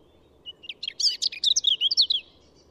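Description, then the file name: European robin song: a short, quick phrase of high, thin, varied notes and twittering trills lasting under two seconds, against a faint steady background hiss. "Erithacus rubecula"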